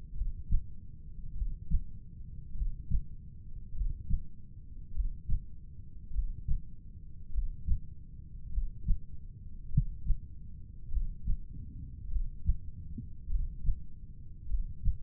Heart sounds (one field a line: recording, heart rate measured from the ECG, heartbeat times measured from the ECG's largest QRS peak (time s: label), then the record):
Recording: heart sounds by stethoscope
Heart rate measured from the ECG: 50 bpm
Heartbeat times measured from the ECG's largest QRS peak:
0.18 s: heartbeat
1.38 s: heartbeat
2.58 s: heartbeat
3.77 s: heartbeat
4.96 s: heartbeat
6.14 s: heartbeat
7.34 s: heartbeat
8.53 s: heartbeat
9.73 s: heartbeat
10.93 s: heartbeat
12.12 s: heartbeat
13.31 s: heartbeat
14.50 s: heartbeat
From the record:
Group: heart failure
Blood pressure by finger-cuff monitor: 99/59 mmHg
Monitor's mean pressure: 69 mmHg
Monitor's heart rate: 50 bpm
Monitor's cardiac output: 3.5 L/min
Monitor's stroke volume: 70 mL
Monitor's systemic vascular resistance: 1400 dyn s/cm5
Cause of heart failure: cardiac sarcoid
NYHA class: 1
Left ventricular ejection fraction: 39%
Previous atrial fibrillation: present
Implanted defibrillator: present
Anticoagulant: apixaban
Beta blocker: carvedilol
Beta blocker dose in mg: 50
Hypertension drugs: ramipril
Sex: male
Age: 79 years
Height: 184 cm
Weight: 92.5 kg